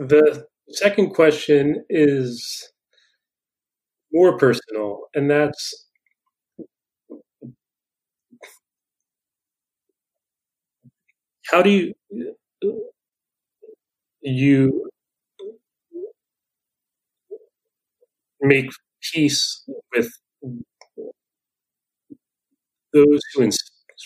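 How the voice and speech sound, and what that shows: Adult man who stutters, speaking in an interview with frequent long pauses and silent blocks between words, and some prolonged sounds. Stuttering.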